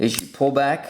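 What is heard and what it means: Someone talks while handling the metal slide of a Sig Sauer P226 Cerakote 9mm pistol, about to pull it back so the slide stop locks it open for field stripping. Only faint handling noise sits under the voice, and nothing has locked or clicked yet.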